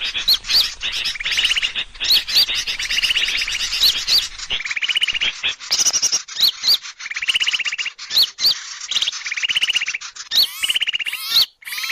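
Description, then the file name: Bird calls: many chattering trills and sharp upslurred whistles in a busy stream of repeated rattling phrases. Indonesian bird lure call (pikat), titled 'a thousand birds'. "pikat-1000-burung"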